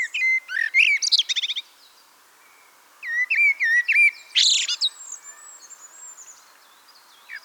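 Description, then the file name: Eurasian blackbird song: a rattling twittery phrase, silence, then mellow fluted notes and a harsh burst; a thin-voiced bird calls repeatedly in the background. "Turdus merula"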